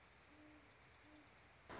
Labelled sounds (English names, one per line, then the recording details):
Great Horned Owl
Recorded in Sonoma County, California